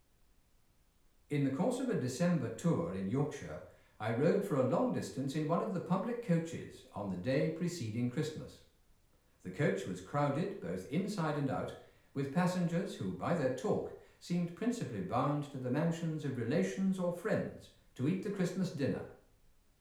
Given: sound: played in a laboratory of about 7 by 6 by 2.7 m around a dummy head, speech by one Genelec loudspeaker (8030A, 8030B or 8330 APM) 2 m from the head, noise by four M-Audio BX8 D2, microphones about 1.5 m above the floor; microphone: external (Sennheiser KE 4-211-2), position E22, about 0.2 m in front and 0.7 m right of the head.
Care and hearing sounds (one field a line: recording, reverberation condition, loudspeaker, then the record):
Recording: male speech in English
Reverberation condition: medium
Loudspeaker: 150 degrees to the left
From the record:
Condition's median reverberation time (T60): about 510 ms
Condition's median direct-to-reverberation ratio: about -0.5 dB